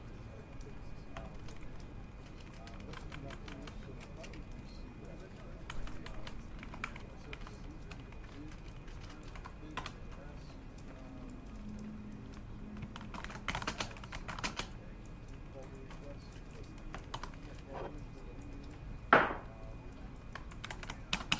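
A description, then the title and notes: Office sounds: a steady low murmur of conversation runs throughout while scattered keyboard clicks tap irregularly on top, thickening around thirteen to fourteen seconds. Near nineteen seconds a sharp, bright burst stands out above the hum, then the murmur carries on. A relaxing day at a corner office in a commercial building. The sound of conversations, Xerox machines, keyboard typing, and phones ringing.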